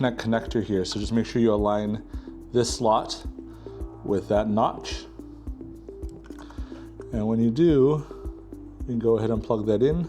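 A wire-to-board connector is lined up with its socket on the ride connect module of an INMOTION P6 unicycle, with its slot matched to the socket's notch, while someone talks over background music. A few faint, short handling sounds come between about 5.9 and 7.0 seconds. The connector has not yet been plugged in, and nothing has seated or clicked.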